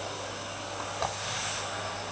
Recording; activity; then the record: daily activity, microphone in the room; vacuum cleaning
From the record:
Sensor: 2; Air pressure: 988.5 hPa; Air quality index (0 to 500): 195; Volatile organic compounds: 210 ppm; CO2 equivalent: 4244 ppm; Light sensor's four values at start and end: 19/64/25/23 and 18/62/24/23